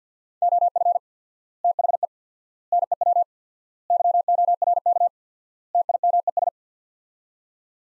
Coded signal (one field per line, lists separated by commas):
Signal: Morse code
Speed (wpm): 50 wpm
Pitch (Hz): 700 Hz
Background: none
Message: OF THE NEW YORK TIMES